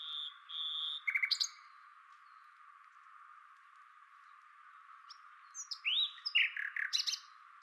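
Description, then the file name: Common nightingale song: level piping whistles and a quick stuttered burst, a pause, then varied slurred notes and sharp chips. "Luscinia megarhynchos"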